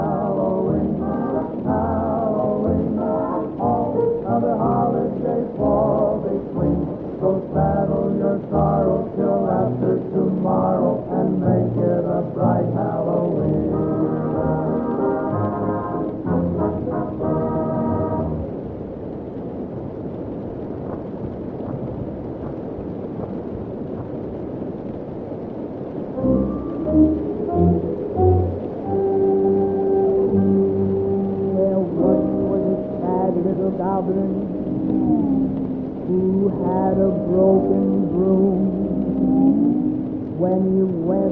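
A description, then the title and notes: Old Halloween tunes play muffled from another room, with the treble dulled away. The first eighteen seconds are busy and rhythmic; a murkier, quieter stretch follows until about 26 seconds, then a louder passage of held notes and wavering melody carries to the end. Halloween oldies playing in another room.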